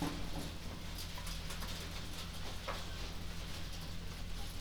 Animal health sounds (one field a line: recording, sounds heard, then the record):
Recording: poultry house recording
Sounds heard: healthy chickens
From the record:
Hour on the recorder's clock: 21